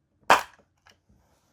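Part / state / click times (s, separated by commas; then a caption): plastic clip/hook of an 8-track tape cartridge shell (top and bottom halves) / released / 0.3 s. The top half of a plastic two-clip (Columbia-style) 8-track tape cartridge shell is lifted and pushed backwards with moderate force. A sharp, loud click at 0.3 s marks the clip and hook releasing, followed by a faint tick near 0.9 s. The cartridge comes apart, and the tab on the top and the hook on the bottom are undamaged.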